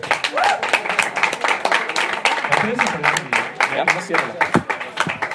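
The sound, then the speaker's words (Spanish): An audience applauds steadily for several seconds after an answer to a Spider-Man trivia question, a dense, fairly loud patter of many hands clapping, with voices calling out and chattering underneath. “¡Un fuerte aplauso!”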